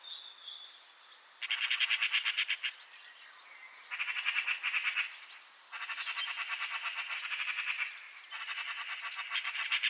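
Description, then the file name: Eurasian magpie chattering in four separate harsh rattling bursts, each lasting about one to two and a half seconds, with short quiet gaps between them. "Pica pica"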